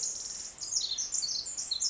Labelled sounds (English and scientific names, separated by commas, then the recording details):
Pacific Wren (Troglodytes pacificus)
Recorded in Sonoma County, California